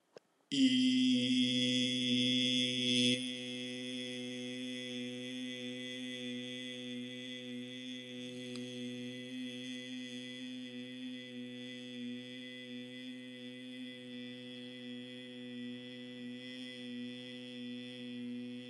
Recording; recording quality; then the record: sustained vowel as in beet; excellent, no background noise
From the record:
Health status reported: healthy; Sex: male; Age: 22 years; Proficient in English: yes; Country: India